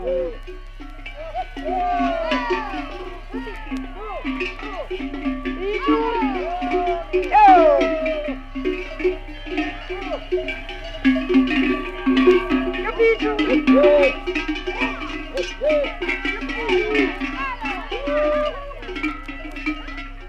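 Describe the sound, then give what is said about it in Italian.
Many cowbells, authentic bronze bells cast in Switzerland in the seven musical notes (Carnic 'sampoins'), clank and jangle in a dense, irregular stream on cows as they climb to the mountain pasture, steady in loudness throughout, with scattered animal calls mixed into the ringing. “Ora sì, salgono i campanacci, i carnici sampoins.”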